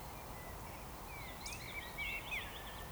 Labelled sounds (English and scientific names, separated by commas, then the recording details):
Eurasian Woodcock (Scolopax rusticola) whistle
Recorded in Baden-Württemberg, Germany, on 14 June 2020 at 19:28 UTC
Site 43791, 788 m above sea level